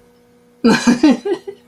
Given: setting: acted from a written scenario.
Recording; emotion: vocal sound without words; amusement